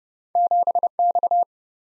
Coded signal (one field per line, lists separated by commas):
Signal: Morse code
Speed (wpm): 30 wpm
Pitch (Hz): 700 Hz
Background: none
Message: 7X